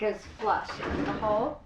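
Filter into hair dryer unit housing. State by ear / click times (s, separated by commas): not seated / none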